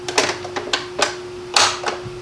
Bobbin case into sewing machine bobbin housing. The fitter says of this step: like that here's a little snap okay it's in there good